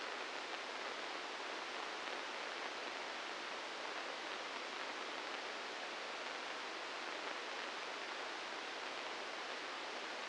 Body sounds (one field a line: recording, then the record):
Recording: brain microelectrode recording played as sound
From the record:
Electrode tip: inside the subthalamic nucleus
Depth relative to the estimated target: -1 mm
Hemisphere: right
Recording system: NeuroSet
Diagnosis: Parkinson's disease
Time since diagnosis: 15 years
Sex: female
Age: 59 years